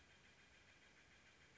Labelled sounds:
Steller's Jay
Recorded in Sonoma County, California

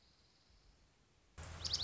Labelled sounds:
Dark-eyed Junco
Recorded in Sonoma County, California

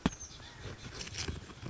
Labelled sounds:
Oak Titmouse
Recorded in Sonoma County, California

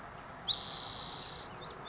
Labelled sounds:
Spotted Towhee
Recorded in Sonoma County, California

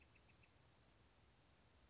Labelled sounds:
Bewick's Wren
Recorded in Sonoma County, California

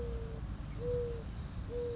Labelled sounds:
Mourning Dove
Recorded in Sonoma County, California

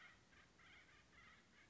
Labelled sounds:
Acorn Woodpecker
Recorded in Sonoma County, California

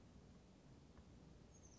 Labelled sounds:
Oak Titmouse
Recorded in Sonoma County, California

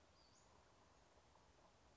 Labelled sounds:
Western Flycatcher
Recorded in Sonoma County, California

